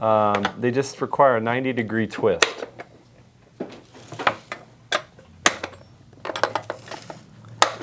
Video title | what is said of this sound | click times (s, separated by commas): STIHL MS 462 Versus Husqvarna 372 XP! Full Breakdown! | So, as to that point, you have one of these in your pocket, three clicks later, | 4.9 s, 5.5 s, 7.6 s